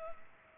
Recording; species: mosquito wingbeat signal from an infrared sensor; Culex pipiens